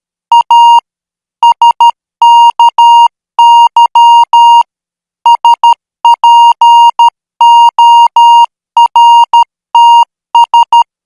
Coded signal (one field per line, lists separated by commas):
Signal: Morse code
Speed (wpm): 13 wpm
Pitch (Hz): 940 Hz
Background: music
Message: A SKY SPORTS